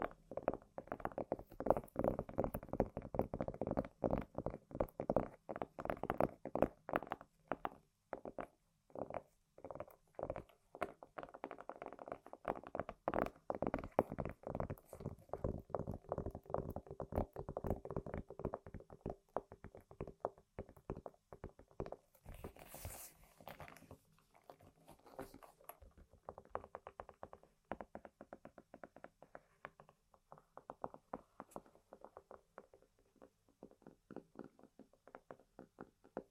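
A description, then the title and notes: Tapping and scratching on assorted objects, a dense run of quick, irregular knocks and rubbing strokes. The busiest, loudest stretch comes in the first twenty seconds; a brief brighter scrape near twenty-three seconds follows, then sparser, quieter taps toward the end. ASMR Tapping & Scratching On Random Objects (No Talking).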